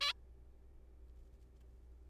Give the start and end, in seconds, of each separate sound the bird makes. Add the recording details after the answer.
0.01-0.13. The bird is a juvenile. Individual R3428